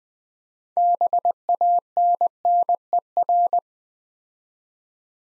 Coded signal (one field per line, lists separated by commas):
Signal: Morse code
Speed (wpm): 20 wpm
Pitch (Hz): 700 Hz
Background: none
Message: BANNER